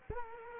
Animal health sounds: mosquito wingbeat signal from an infrared sensor; Culex quinquefasciatus

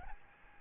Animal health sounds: mosquito wingbeat signal from an infrared sensor; Aedes albopictus

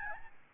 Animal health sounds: mosquito wingbeat signal from an infrared sensor; Aedes albopictus

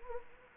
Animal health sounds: mosquito wingbeat signal from an infrared sensor; Anopheles gambiae

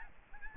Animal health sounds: mosquito wingbeat signal from an infrared sensor; Aedes albopictus

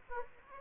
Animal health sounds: mosquito wingbeat signal from an infrared sensor; Aedes aegypti

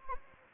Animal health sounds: mosquito wingbeat signal from an infrared sensor; Anopheles arabiensis

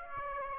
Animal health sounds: mosquito wingbeat signal from an infrared sensor; Aedes aegypti

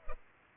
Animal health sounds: mosquito wingbeat signal from an infrared sensor; Culex pipiens

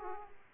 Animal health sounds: mosquito wingbeat signal from an infrared sensor; Aedes aegypti

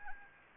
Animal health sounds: mosquito wingbeat signal from an infrared sensor; Anopheles arabiensis

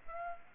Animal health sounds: mosquito wingbeat signal from an infrared sensor; Aedes aegypti

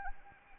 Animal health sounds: mosquito wingbeat signal from an infrared sensor; Anopheles arabiensis

